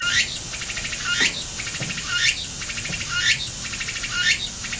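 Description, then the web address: Tsukutsukuboshi cicada giving a rhythmic pulsed buzz, one phrase about each second, every phrase opening with a sharp upward-sliding note. Heard singing on 17 August 2026 in Japan. "c-soumei-rengou 2026 08 17 ツクツクボウシが鳴いた ～操明の自然～"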